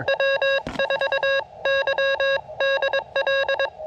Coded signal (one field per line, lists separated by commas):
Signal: Morse code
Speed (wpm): 22 wpm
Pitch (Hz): 1650 Hz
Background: none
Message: W4YDL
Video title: CW QRP POTA with the Elecraft KX2 and Tufteln Random Wire Antenna